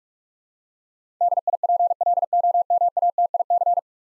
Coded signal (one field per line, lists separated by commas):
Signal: Morse code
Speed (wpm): 44 wpm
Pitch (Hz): 700 Hz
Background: none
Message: DIPLOMATIC